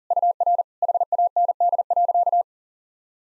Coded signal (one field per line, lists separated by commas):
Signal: Morse code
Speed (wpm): 40 wpm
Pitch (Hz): 700 Hz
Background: none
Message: UR HAND.